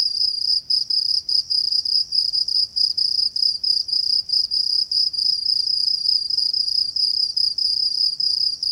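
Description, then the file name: Crickets give a shrill, high pulsing trill, interrupted by frequent short pauses, steady otherwise. Binaural. "Crickets-binaural recording"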